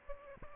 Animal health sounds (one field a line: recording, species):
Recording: mosquito wingbeat signal from an infrared sensor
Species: Aedes albopictus